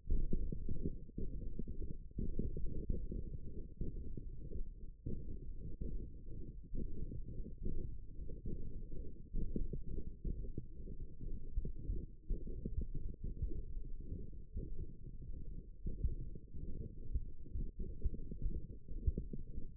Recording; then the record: forearm muscle sounds (acoustic myography)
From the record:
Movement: hand opening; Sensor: system 1, eight BSWA MPA416 microphones around the upper forearm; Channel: 7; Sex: male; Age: 23 years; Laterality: right